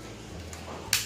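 After the battery is inserted into a Canon EOS M50 camera body, the plastic battery compartment door is pushed closed. Faint handling noise and a soft tap at 0.5 s lead to a sharp, bright snap at 0.9 s as the door clicks shut and seats.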